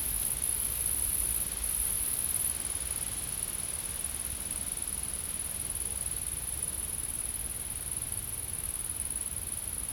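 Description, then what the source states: Insect trilling call, a continuous high-pitched sizzle, strongest in the first seconds, over a wash of hiss and low-frequency rumble. Insects in a field.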